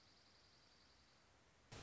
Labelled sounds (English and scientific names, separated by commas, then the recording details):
Dark-eyed Junco (Junco hyemalis)
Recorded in Sonoma County, California